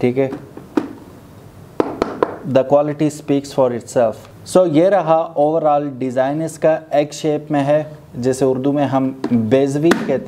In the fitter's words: आपका ऊपर हो गया और इसकी ग्रेवी बहुत मजबूत है गरारी आप इसकी आवाज सुन सकते होंगे ठीक